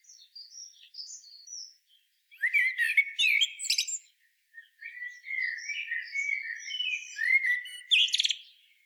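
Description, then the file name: Common blackbird song with warbled fluting notes and high squeaky flourishes, preceded by thin high whistles. "Turdus merula"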